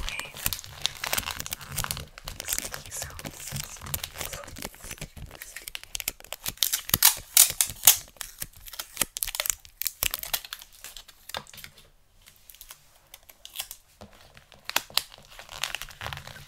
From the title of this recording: Xmas Gift Wrapping Intense Crinkle, Tape, Scissors Sounds